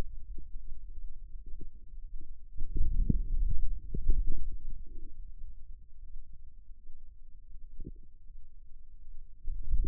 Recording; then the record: forearm muscle sounds (acoustic myography)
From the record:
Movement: outward rotation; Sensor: system 2, bracelet of six BSWA MPA416 microphones around the upper forearm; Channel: 2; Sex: male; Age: 22 years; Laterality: right